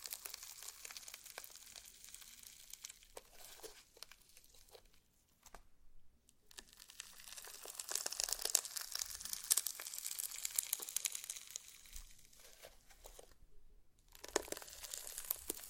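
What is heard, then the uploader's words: Slime being squeezed and played with makes dense, crackly, crinkling pops and squelches, bright. The sound swells louder around eight to eleven seconds and again near the end. Short silent gaps fall near six and thirteen seconds. ASMR SLIME! 5 Satisfying Slimes.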